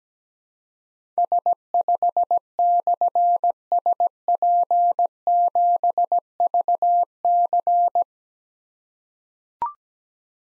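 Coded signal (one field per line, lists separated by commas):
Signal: Morse code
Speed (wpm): 17 wpm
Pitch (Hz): 700 Hz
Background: none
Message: S5/SP7VC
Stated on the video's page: Morse practice drill of difficult call signs containing slashes at 17 wpm, each sent, spoken, then sent again.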